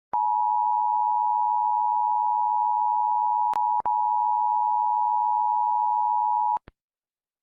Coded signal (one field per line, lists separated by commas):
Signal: Emergency Alert System (SAME) tones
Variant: 853 and 960 Hz attention tone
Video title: When Egypt EAS Alarm (Translated)